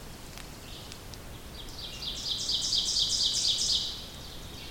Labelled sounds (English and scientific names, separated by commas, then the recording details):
Ovenbird (Seiurus aurocapilla) song
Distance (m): 20 m
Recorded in boreal forest in Alberta, Canada, on 2 June 2016 at 08:09
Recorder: SongMeter 3, array SBT-3-7
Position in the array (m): 24 m, 134 m
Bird 4